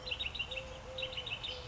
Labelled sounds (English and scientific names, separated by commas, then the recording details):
Eurasian Collared Dove (Streptopelia decaocto)
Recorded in Sonoma County, California